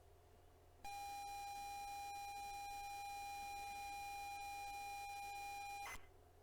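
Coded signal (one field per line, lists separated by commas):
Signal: ZX Spectrum tape loading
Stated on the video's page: ZX Spectrum tape loading audio sent over Bluetooth from a virtual tape deck, the ZX Retro Wireless device.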